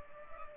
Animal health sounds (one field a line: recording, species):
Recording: mosquito wingbeat signal from an infrared sensor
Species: Culex pipiens